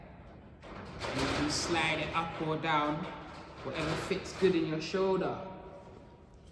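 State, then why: Not seated. The adjustable rubber butt pad on the bullpup stock of a Kral Arms Empire XS .177 air rifle is handled while someone talks over it. The pad is released with its side button and slid up or down to fit the shoulder. Nothing has clicked or seated yet.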